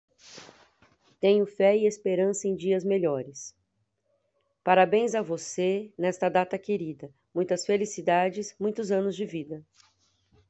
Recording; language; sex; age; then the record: short text; Brazilian Portuguese; female; 40 to 49 years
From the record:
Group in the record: control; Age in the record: 45 years